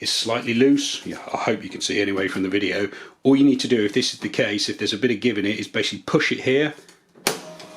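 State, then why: Seated. Someone talks while pushing the slightly loose platen arm on the receipt printer of a Sharp XE-A303 / XE-A406 / XE-A40S cash register back down after the paper roll was changed. A sharp click at 7.3 s marks the arm seating back into place, which should clear the head-up condition so the paper feeds through.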